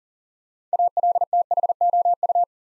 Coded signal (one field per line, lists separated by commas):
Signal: Morse code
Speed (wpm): 42 wpm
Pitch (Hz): 700 Hz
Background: none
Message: ALTHOU